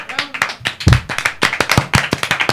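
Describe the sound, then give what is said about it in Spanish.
Audience applause at an evening poetry event as the performers are welcomed: a steady patter of many hands clapping, dense and irregular, with a brief vocal shout rising out of it about a second in. “¡Aplausos! ¡Bravo!”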